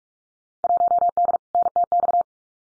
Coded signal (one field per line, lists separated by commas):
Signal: Morse code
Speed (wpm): 44 wpm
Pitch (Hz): 700 Hz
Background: none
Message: 1D NTX